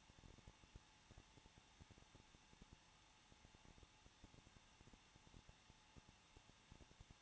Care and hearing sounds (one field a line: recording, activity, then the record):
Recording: daily activity, microphone in the room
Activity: no activity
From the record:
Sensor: 1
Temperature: 20.1 degrees Celsius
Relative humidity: 39.3%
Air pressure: 1006.4 hPa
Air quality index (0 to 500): 218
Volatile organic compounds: 80 ppm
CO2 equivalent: 3606 ppm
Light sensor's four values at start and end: 1/2/1/1 and 1/2/1/1